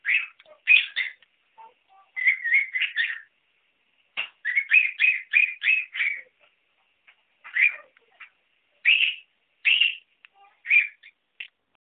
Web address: corella cantando trinos